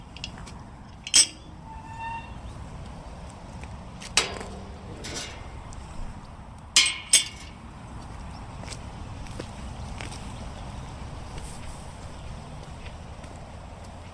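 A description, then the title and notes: Sharp crunches of footsteps on leaves and twigs punctuate a low steady outdoor rumble, with brief birdlike chirps early and a distant hum. River Sherbourne: Walking Riverside in Coundon. Listen closely and we can hear the hum of the rush hour traffic in the distance. This time, we twist and turn walking along the river’s path, with the leaves and twigs crunching under our feet, taking in the birds and wildlife surrounding us on the outskirts of the city. The recordings were captured using a binaural microphone between January and April 2022.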